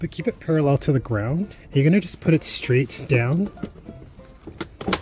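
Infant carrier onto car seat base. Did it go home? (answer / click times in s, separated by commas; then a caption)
yes / 4.9 s. Someone talks while an Evenflo SafeMax infant carrier is lowered straight down, kept parallel to the ground, onto its base installed in the car with the universal latch. A few short knocks come near the end, then a sharp click at 4.9 s as the carrier latches and is seated in place on the base.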